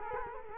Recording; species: mosquito wingbeat signal from an infrared sensor; Culex quinquefasciatus